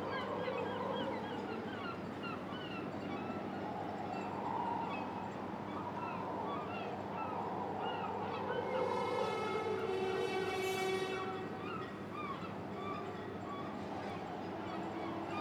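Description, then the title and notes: Gulls calling repeatedly in short arched cries under heavy wind, with a brief ringing metal tone near the middle. Gulls on a quay in Boulogne-sur-Mer, France, with wind, a metal structure and clinking pleasure boats; recorded by JF Cavro. "Quai Thurot, Boulogne-sur-Mer, France - Mouettes. Prise de sons : JF CAVRO"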